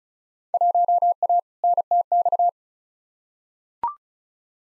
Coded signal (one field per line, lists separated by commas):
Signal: Morse code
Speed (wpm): 36 wpm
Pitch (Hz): 700 Hz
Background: none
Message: 1A NTX